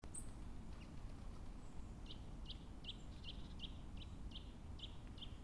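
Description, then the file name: Eurasian nuthatch repeating short piping notes in an even series in the second half, preceded by a faint high chirp, with persistent low rumble. "Sitta europaea"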